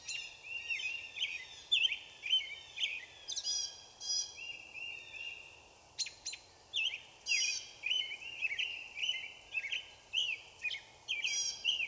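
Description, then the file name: Blue jay calling in rapid succession, rough downslurred calls nearly twice a second, with a short burst of clicks around six seconds and background hiss. Recorded 17 April 2016; blue jays, one of them screaming. "Misc And Blue Jays One Screemer 20160417"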